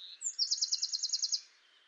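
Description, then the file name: Eurasian wren trill, a quick series of high repeated notes lasting about one second, over a soft background hiss. "Troglodytes troglodytes"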